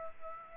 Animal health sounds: mosquito wingbeat signal from an infrared sensor; Aedes aegypti

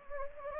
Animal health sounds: mosquito wingbeat signal from an infrared sensor; Anopheles gambiae

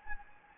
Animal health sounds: mosquito wingbeat signal from an infrared sensor; Anopheles gambiae

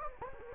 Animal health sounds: mosquito wingbeat signal from an infrared sensor; Anopheles gambiae

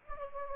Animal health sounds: mosquito wingbeat signal from an infrared sensor; Anopheles gambiae

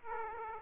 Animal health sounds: mosquito wingbeat signal from an infrared sensor; Aedes aegypti

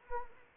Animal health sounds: mosquito wingbeat signal from an infrared sensor; Anopheles arabiensis

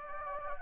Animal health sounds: mosquito wingbeat signal from an infrared sensor; Anopheles gambiae

